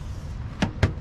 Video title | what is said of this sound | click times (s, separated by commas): Bobcat t66 fuel filter & air filter maintenance | little half turn a little click like that | 0.8 s